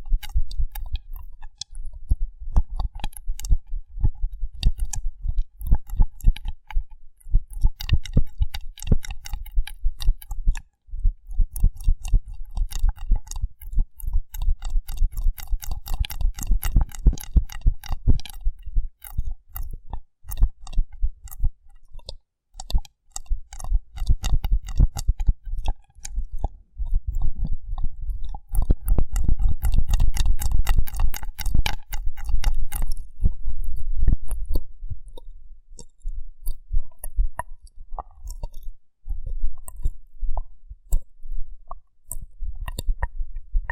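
Rough brain cleaning and picking: a dense, continuous stream of wet, squelching clicks and crackles runs through the whole stretch. The pace is quick and uneven, growing busier around the middle and near thirty seconds, with brief thinner gaps near twenty-two and thirty-five seconds.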